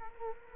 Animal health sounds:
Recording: mosquito wingbeat signal from an infrared sensor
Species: Culex quinquefasciatus

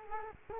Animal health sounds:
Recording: mosquito wingbeat signal from an infrared sensor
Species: Culex quinquefasciatus

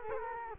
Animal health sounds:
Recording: mosquito wingbeat signal from an infrared sensor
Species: Culex quinquefasciatus

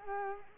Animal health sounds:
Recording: mosquito wingbeat signal from an infrared sensor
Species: Culex quinquefasciatus

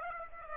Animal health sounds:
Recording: mosquito wingbeat signal from an infrared sensor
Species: Aedes aegypti

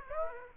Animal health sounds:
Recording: mosquito wingbeat signal from an infrared sensor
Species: Aedes aegypti

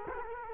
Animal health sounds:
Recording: mosquito wingbeat signal from an infrared sensor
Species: Culex quinquefasciatus

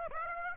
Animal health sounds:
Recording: mosquito wingbeat signal from an infrared sensor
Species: Aedes aegypti

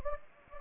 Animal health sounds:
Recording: mosquito wingbeat signal from an infrared sensor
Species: Anopheles gambiae

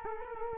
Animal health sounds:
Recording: mosquito wingbeat signal from an infrared sensor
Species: Culex quinquefasciatus

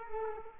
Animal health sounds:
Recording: mosquito wingbeat signal from an infrared sensor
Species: Culex quinquefasciatus

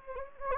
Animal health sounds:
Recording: mosquito wingbeat signal from an infrared sensor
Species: Anopheles gambiae

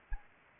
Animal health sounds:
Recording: mosquito wingbeat signal from an infrared sensor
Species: Anopheles gambiae

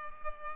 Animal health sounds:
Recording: mosquito wingbeat signal from an infrared sensor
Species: Culex pipiens

